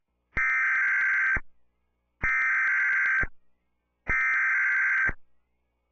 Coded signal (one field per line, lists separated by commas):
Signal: Emergency Alert System (SAME) tones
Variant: header bursts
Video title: Nevada Occurrence (EAS Scenario)